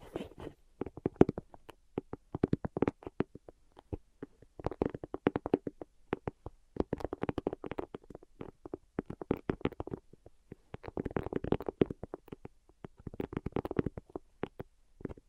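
Quick, irregular tapping comes in dense bursts of sharp clicks separated by short pauses, with a soft low hollow tone behind the taps.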